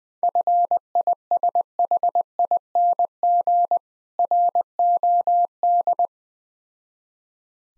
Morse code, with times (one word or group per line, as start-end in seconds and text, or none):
0.2-3.8 FISHING
4.2-6.1 ROD